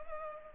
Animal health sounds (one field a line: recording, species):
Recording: mosquito wingbeat signal from an infrared sensor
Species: Culex pipiens